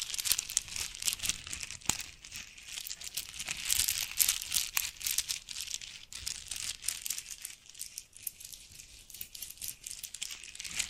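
Jewelry being handled: a dense, continuous crinkling and rustling, bright and papery, full of tiny fast clicks. The texture stays busy throughout, slightly thinner after about eight seconds, with a few sharper snaps near two and five seconds.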